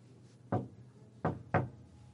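Three firm knocks on the door of hotel room 3045 on the third floor, a single rap followed by a short pause and then two quicker ones, each a dull, solid thud with no voices.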